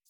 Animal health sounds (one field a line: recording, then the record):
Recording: hydrophone in a shrimp aquaculture tank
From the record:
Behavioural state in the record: feeding